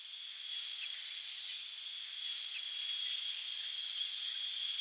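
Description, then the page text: Plain sunbird uttering three brief, piercing high notes about a second and a half apart, the later ones softer, with a continuous high hum behind. "Plain Sunbird Calls. Quick Sounds library"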